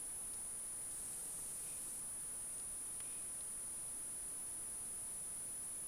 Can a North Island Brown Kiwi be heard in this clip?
no